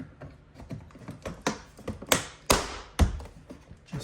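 After the five mirror screws are in, a plastic mirror trim cover is pressed back onto a truck door, installed at this point to avoid damaging it and to make alignment easier. Light taps and rattles lead up to two sharp snaps at 2.1 s and 2.5 s as the cover seats into place, followed by another knock near 3.0 s. The trim cover ends up seated.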